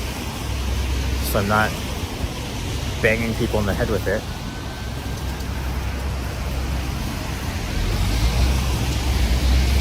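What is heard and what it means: An umbrella's runner is pushed toward its closed-position catch so it won't bump people nearby, but the closure fails to catch and nothing has clicked into place yet. Steady traffic noise fills the clip while someone talks briefly.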